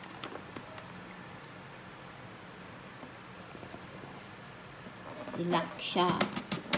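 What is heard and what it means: Someone talks while putting the lid of a blender or ice cream maker jar back on and turning it to relock it while making avocado ice cream. A few faint ticks come early, then louder scraping and rattling handling sounds build from about 5.4 s to the end. Nothing has seated or clicked yet.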